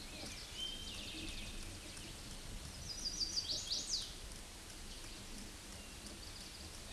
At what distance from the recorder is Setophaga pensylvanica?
about 30 m